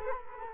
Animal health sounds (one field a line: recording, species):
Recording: mosquito wingbeat signal from an infrared sensor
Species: Culex quinquefasciatus